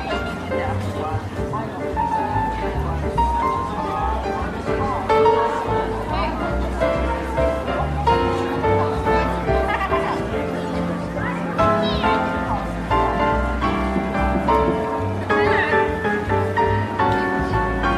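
Holiday jazz piano plays steadily throughout, with clear sustained notes and flowing chord changes over a low bass line. Underneath, a constant murmur of overlapping voices and market chatter fills the background, with occasional brighter clinks and bursts around the middle and end.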